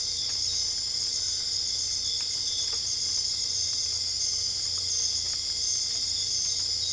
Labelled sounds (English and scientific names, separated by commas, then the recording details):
none
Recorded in dense forest near Puerto Asís, Putumayo, Colombia, on 22 December 2024 at 21:30
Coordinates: 0.485, -76.318
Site GP03